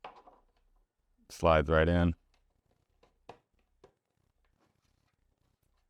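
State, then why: Seated. A 3D-printed plastic part of a bucket rat trap is slid into its mating printed holder while someone talks. A short, sharp click at 3.3 s marks the part locking into place, and it stays seated.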